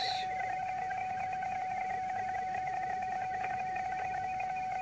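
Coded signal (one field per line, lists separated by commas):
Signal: PSK31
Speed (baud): 31.25 baud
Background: speech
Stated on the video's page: PSK31 QSO made portable from a phone with DroidPSK and a Wolphi-Link VOX interface.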